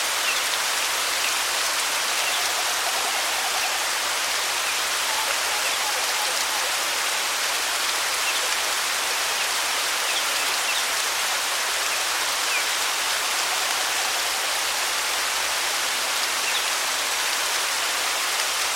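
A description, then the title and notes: Water spills steadily over rocks into a forest stream, a dense, bright, unchanging hiss with little low rumble, constant throughout. Natural white noise of a forest waterfall.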